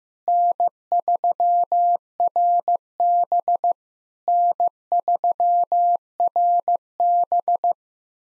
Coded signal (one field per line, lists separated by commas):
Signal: Morse code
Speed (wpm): 15 wpm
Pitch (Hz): 700 Hz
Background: none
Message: N3RB N3RB